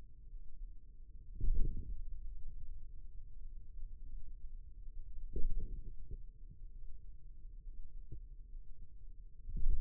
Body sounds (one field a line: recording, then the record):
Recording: forearm muscle sounds (acoustic myography)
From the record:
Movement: radial deviation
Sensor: system 2, bracelet of six BSWA MPA416 microphones around the upper forearm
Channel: 4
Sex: male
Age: 22 years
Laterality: right